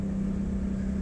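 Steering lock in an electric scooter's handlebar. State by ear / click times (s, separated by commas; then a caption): not seated / none. The steering lock in a Hero VIDA electric scooter's handlebar is engaged by swiping down on the scooter's display. A steady low hum with a strong tone near 200 Hz continues throughout, with no sharp transients. Nothing has seated or clicked yet.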